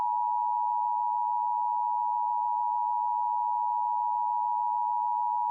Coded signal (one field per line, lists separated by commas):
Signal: Emergency Alert System (SAME) tones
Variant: 853 and 960 Hz attention tone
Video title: EAS - Sunshine State Tornado Drill